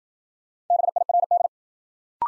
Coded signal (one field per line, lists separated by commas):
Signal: Morse code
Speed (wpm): 52 wpm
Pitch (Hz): 700 Hz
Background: none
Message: BIRD